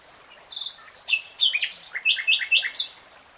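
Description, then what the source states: Nightingale song: a rich, varied phrase of sweeping whistles, clicks and chirps tumbling quickly together for about three seconds. Singing; 3-hour real-time recording.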